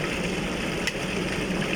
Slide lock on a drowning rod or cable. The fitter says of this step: you can hear it perfect